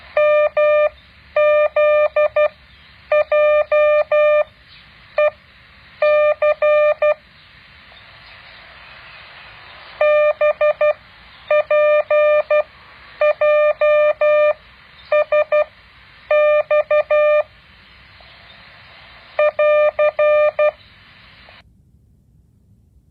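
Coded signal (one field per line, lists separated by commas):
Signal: Morse code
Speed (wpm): 12 wpm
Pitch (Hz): 600 Hz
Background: none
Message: MZJEC BPJSX <AR>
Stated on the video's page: Morse code exercise.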